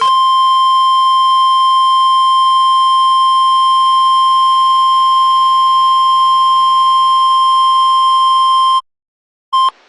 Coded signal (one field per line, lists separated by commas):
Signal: Emergency Alert System (SAME) tones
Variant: 1050 Hz attention tone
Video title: 6th TOR (EAS #20)